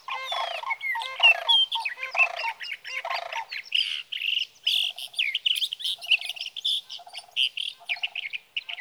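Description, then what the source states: Sage thrasher song: dense, continuous warbling with rapid changes in pitch, rough and whistled notes tumbling together without pause. Male singing through the night near his night roost, three nights from the evening of June 12 to the morning of June 15, 2018, Sierra Valley, California; Swift recorder.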